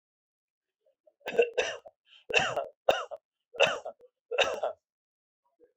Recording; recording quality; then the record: shallow voluntary cough; excellent, no background noise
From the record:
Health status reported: exposed to COVID-19, no respiratory illness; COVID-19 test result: negative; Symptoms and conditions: none ticked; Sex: male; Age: 53 years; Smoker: not ticked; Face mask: worn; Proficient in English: yes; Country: India